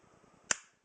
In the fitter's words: just like that you heard the click